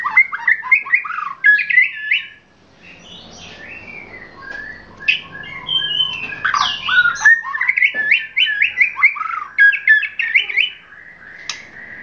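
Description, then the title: Oriental magpie-robin song: a rich, varied run of clear whistles, slurred notes and quick chattering phrases, pausing briefly early on before resuming with rapid, repeated whistled notes. "Kicau Kacer"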